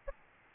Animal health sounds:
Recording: mosquito wingbeat signal from an infrared sensor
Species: Aedes albopictus

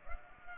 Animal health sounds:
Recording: mosquito wingbeat signal from an infrared sensor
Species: Culex pipiens

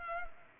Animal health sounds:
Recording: mosquito wingbeat signal from an infrared sensor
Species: Culex pipiens

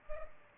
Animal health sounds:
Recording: mosquito wingbeat signal from an infrared sensor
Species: Culex pipiens

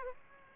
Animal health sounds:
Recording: mosquito wingbeat signal from an infrared sensor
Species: Aedes aegypti

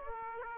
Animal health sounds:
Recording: mosquito wingbeat signal from an infrared sensor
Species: Aedes aegypti

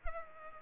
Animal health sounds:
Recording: mosquito wingbeat signal from an infrared sensor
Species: Culex pipiens

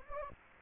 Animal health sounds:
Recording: mosquito wingbeat signal from an infrared sensor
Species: Anopheles gambiae

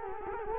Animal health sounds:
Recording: mosquito wingbeat signal from an infrared sensor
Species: Culex quinquefasciatus

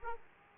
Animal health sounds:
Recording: mosquito wingbeat signal from an infrared sensor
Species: Aedes aegypti

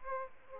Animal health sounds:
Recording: mosquito wingbeat signal from an infrared sensor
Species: Aedes aegypti

